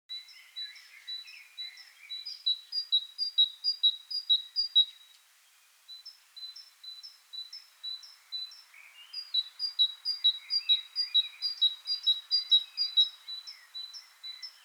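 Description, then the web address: Great tit giving a slower, rhythmic two-note song, roughly two phrases a second, in two long runs with a gap between; background birds chirp faintly. "SETE data Parus major"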